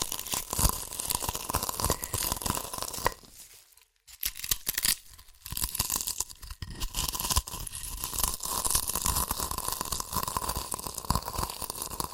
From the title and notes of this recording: ASMR Satisfying Chips Crunchy Crushing & Eating Sounds (No Talking).